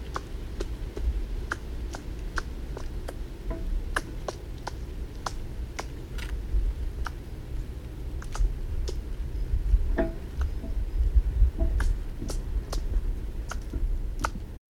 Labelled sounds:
Eurasian Red Squirrel (Sciurus vulgaris) call
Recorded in the wild
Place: Neustrelitz, Mecklenburg-Vorpommern, DE
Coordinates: 53.36, 13.073
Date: 1986-09-05
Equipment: Nagra III BH, Sennheiser MD 21, parabola
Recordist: Schubert, Michael
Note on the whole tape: Zwei Eichhörnchen: Rufe und Klettergeräusche

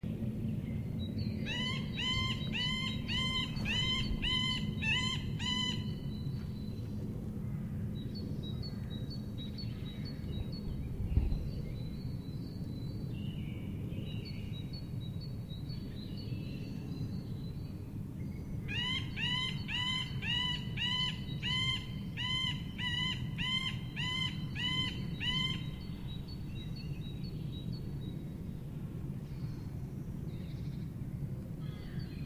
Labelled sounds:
Middle Spotted Woodpecker (Dendrocopos medius)
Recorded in the wild
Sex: male
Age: adult
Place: Liepnitzsee, Naturpark Barnim, Brandenburg, DE
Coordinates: 52.7417, 13.5119
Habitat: decidouos forest
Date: 2011-03-20 10:45
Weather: fair, 5°C, no wind
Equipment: Sound Devices 702, Sennheiser MKH 70, Rycote Windschutz
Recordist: Frommolt, Karl-Heinz

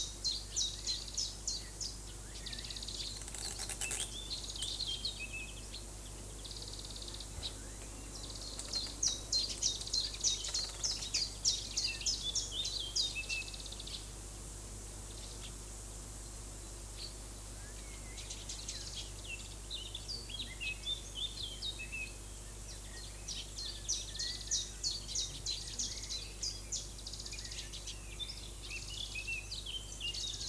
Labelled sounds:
Common Chiffchaff (Phylloscopus collybita) song
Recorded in the wild
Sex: male
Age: adult
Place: Lübars, Berlin, DE
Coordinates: 52.6175, 13.3625
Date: 2004-05-02 12:42
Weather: overcast, 16°C
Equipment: Fair Mate ST-1328 (Asahi Electronics, Japan), Sennheiser ME 80, Kopie Uher 4000 Report Monitor
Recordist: Tembrock, Günter

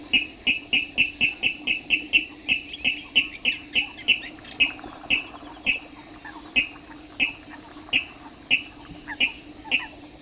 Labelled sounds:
Water Rail (Rallus aquaticus) song
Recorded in the wild
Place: Jois, AT
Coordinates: 47.9625, 16.7858
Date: 1972-05-02
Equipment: Uher Report 4200, AKG D190C in Doppel-Parabolreflektor
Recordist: Krey, Winfried

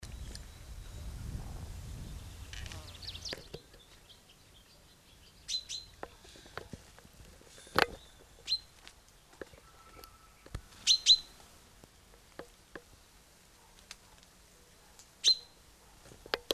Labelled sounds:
Common Chaffinch (Fringilla coelebs) call
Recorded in the wild
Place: Montreux, Kanton Waadt, CH
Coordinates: 46.4314, 6.93778
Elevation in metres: 1051
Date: 1986-05-25
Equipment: Uher 4000 Report, Sennheiser MKH 815 T
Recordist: Tretzel, Erwin

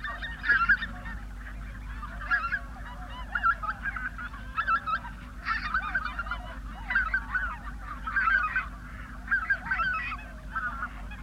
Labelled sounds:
Greater White-fronted Goose (Anser albifrons) call
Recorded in the wild
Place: Zingst, Insel Kirr, Mecklenburg-Vorpommern, DE
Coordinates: 54.421, 12.709
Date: 1978-10-18 05:35
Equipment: Nagra III BH, Sennheiser MD 21, parabola
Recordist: Schubert, Michael

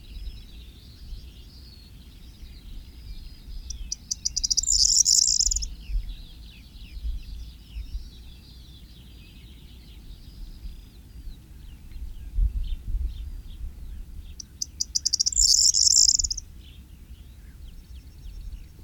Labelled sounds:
Corn Bunting (Emberiza calandra) song
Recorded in the wild
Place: Buschvitz, Insel Rügen, Mecklenburg-Vorpommern, DE
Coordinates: 54.431, 13.472
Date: 1971-05-29
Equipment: Nagra III BH, Sennheiser MD 21, parabola
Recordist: Schubert, Michael

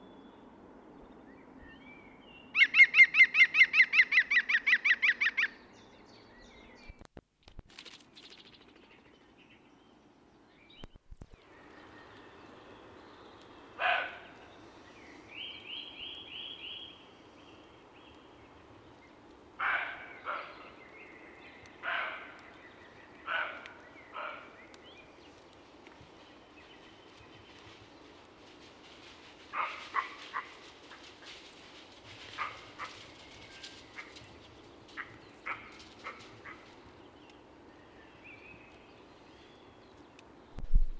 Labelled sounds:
European Green Woodpecker (Picus viridis) song
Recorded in the wild
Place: Garmisch-Partenkirchen, Bayern, DE
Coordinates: 47.5203, 11.0819
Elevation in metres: 846
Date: 1971-04-08
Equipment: Nagra IV, Sennheiser MKH 405
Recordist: Tretzel, Erwin

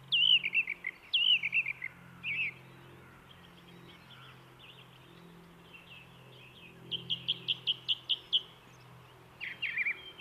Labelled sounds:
Song Thrush (Turdus philomelos) song
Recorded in the wild
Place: Oberstdorf, Bayern, DE
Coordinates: 47.3797, 10.2944
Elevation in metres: 903
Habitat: mountains
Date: 1977-03-25
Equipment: Nagra IV, Sennheiser MKH 405, Parabolreflektor
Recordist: Tretzel, Erwin

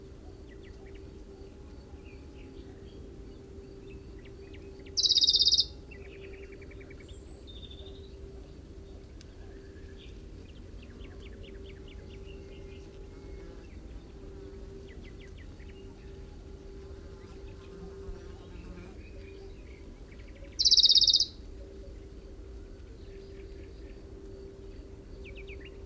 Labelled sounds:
Western Bonelli's Warbler (Phylloscopus bonelli) song
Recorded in the wild
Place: Burgas, BG
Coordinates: 42.505, 27.463
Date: 1974-06-03
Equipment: Nagra III BH, Sennheiser MD 21, parabola
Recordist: Schubert, Michael
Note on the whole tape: Spontangesang Berglaubsänger Nr. 2 (Nachbar)

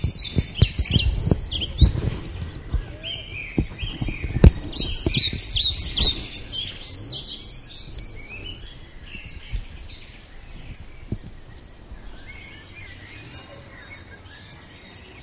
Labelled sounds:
European Pied Flycatcher (Ficedula hypoleuca) song
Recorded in the wild
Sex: male
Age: adult
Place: Waldsieversdorf, Märkische Schweiz, Brandenburg, DE
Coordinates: 52.5397, 14.0758
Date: 1993-05-02 14:00
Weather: fair, 25°C
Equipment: Aiwa HD-S1, Sennheiser MKH 70
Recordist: Frommolt, Karl-Heinz

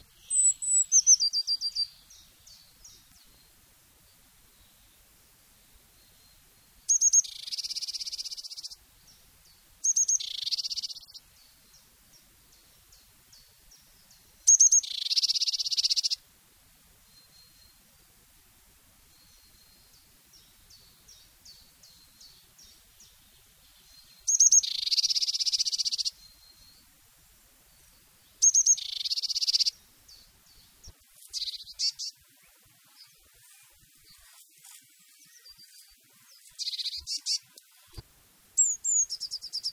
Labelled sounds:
Eurasian Blue Tit (Cyanistes caeruleus)
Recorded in the wild
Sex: male
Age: adult
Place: Erlangen, Bayern, DE
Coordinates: 49.6019, 10.9581
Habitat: pond
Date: 1965-05-01
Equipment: Vollspur
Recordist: Tretzel, Erwin

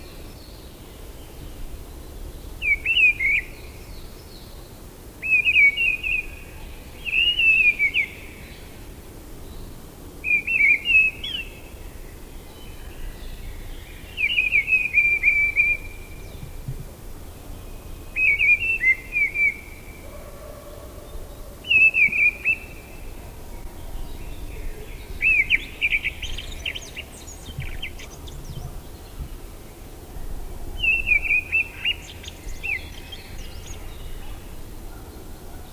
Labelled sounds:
Mistle Thrush (Turdus viscivorus) song
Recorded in the wild
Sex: male
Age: adult
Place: Mark (gemeindefreies Gebiet), Bayern, DE
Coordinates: 49.6367, 10.9561
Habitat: pond
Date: 1963-06-16
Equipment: Nagra, Vollspur
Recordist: Tretzel, Erwin

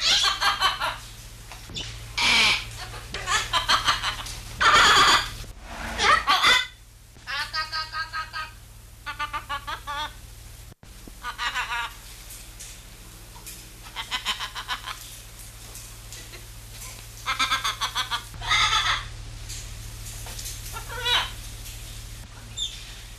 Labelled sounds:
Blue-and-yellow Macaw (Ara ararauna)
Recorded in captivity
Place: Tierpark Pymont, Niedersachsen, DE
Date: 1972-10-24
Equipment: Halbspur, 9,5 cm/s
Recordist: Lütgens, Hans

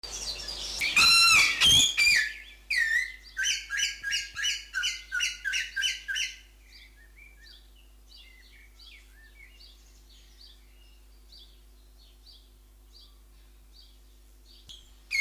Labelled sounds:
Greater Vasa Parrot (Coracopsis vasa) call
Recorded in captivity
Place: Zoo Berlin, Berlin, DE
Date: 2004-06-07 17:07
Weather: heiter-wolkig, 25°C
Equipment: Sony WM-D6C, Sennheiser ME 80, Kopie Uher 4000 Report Monitor
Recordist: Tembrock, Günter

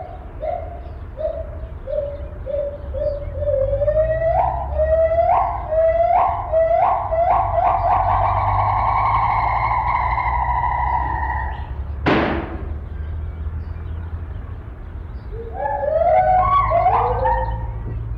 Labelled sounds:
Agile Gibbon (Hylobates agilis)
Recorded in captivity
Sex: pair
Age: adult
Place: Zoopark Erfurt, Thüringen, DE
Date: 1972-05-19
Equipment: Uher 4200 Report Monitor, Tesla Verstärker, Sennheiser Mikrophon
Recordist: Tembrock, Günter
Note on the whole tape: Paar (im Haus), von außen aufgenommen, Rufreihen, Duette, nicht beobachtet

